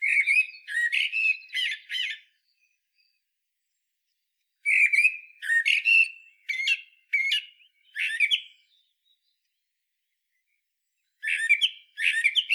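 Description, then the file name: Common blackbird, song phrases: three bursts of rich fluted notes mixed with high chattering squeaks, separated by silences of two to three seconds. "Turdus merula"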